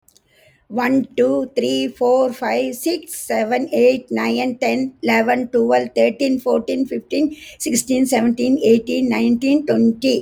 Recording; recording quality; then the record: counting at a fast pace; excellent, no background noise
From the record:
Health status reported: respiratory illness, not identified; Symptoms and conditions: asthma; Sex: female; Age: 69 years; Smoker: not ticked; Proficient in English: yes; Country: India